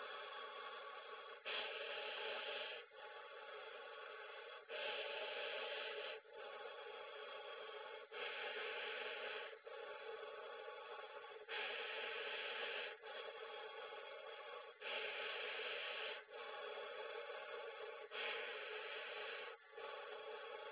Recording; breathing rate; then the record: paced breathing near a phone; 18 breaths a minute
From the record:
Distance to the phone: 20 cm